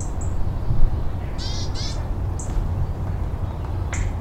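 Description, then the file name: Willow tit two harsh buzzy nasal notes in the middle, with thin high call notes around them and a low continuous rumble. Recorded at Marden Quarry on 28 September 2018. "Willow Tit Marden Quarry 280918"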